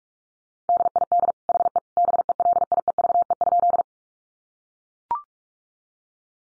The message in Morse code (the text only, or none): DID HE BELIEVE?